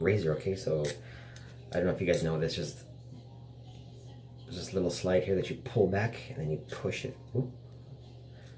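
Someone talks while handling the metal blade-loading slide on the head of a RazoRock Hawk (Black) blade-injector safety razor, about to pull it back to load a blade. A low hum runs underneath the speech. Nothing has clicked or seated yet by the end of the clip.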